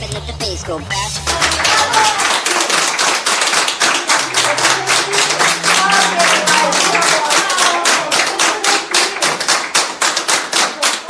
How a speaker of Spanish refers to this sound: Así con aplausos celebran la recuperación de este hombre de 93 años en Madrid, hombre que se ha recuperado del virus y ya ha salido de la unidad de cuidados intensivos.